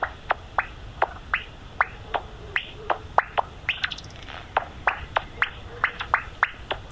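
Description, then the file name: Common noctule echolocation calls made audible: crisp ticking pulses repeating in a steady series against a soft hiss. Bat detector, with visual observation. "Nyctalus Noctula Detektor And Visual"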